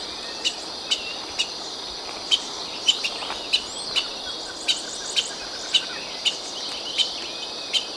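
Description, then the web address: White-lined tanager giving sharp, brief call notes repeated many times over a steady high insect chorus. Recorded in Ecuador. "Birds of Ecuador. White-lined Tanager"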